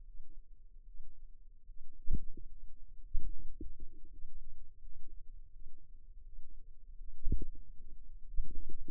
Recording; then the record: forearm muscle sounds (acoustic myography)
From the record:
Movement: finger pinch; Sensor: system 2, bracelet of six BSWA MPA416 microphones around the upper forearm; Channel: 2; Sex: female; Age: 23 years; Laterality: right